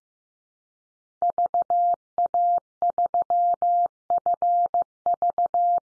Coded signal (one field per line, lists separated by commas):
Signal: Morse code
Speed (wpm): 15 wpm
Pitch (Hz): 700 Hz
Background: none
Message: VA3FV